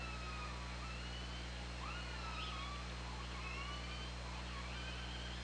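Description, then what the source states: Killer whale calls, several wavering and rising tonal cries with harmonics overlapping one another, over a steady low hum and hiss. OrcaLab hydrophone recording, 24 August 2017, 13:09.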